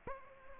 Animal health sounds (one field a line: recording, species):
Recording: mosquito wingbeat signal from an infrared sensor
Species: Aedes aegypti